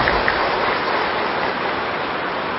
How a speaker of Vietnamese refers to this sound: Đây là lần đầu tiên mà có thể có được, thì tôi cũng xin chúc mừng, và các vị cho một tràng pháo tay khích lệ chúc mừng